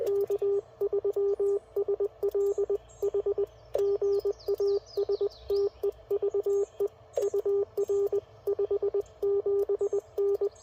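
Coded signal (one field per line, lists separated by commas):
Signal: Morse code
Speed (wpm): 18 wpm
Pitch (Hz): 400 Hz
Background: radio noise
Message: K3SLH GA STEVE UR 57N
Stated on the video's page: Full-length CW POTA park activation from a vehicle with a Yaesu FT-857, Radioddity HF-009 antenna, LiFePO4 battery and Putikeeg key.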